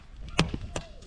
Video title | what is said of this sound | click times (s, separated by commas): Oldsmobile Delta 88 Tune-Up – Spark Plugs & Wires DIY | You hear that? Click. | 0.4 s